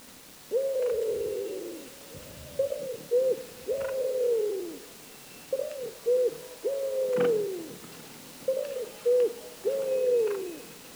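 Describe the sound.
Bird giving low, soft cooing notes in repeated three-note phrases, two short notes then a longer falling one, every few seconds.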